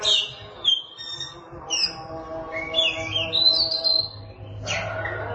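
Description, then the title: Oriental magpie-robin song of a few sliding whistles and chirps, with a longer warbled phrase near the middle, over faint low background noise. Chirping song (kicauan) of the bird. "Suara Kicauan Burung Kacer Durasi Panjang"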